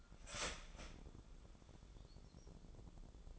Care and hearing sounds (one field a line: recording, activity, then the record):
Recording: daily activity, microphone in the room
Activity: start toaster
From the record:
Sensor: 5